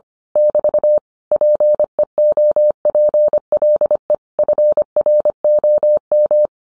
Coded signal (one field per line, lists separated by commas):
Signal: Morse code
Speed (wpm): 25 wpm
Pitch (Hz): 600 Hz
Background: none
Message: <BT> PEOPLE FROM